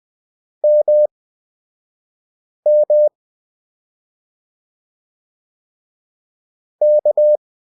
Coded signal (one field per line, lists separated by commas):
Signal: Morse code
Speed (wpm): 20 wpm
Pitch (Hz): 600 Hz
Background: none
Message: MM K